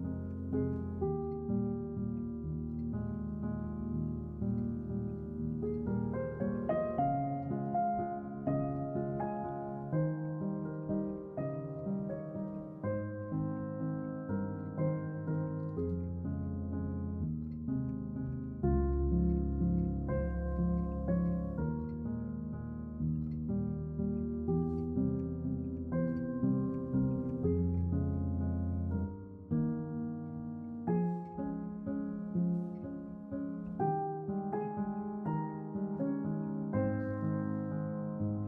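A slow, gentle classical melody plays throughout, built from sustained, overlapping notes in a warm low-to-middle range with nothing sharp or bright on top. Deep bass tones swell more strongly around twenty and twenty-eight seconds, while the overall loudness stays even and calm.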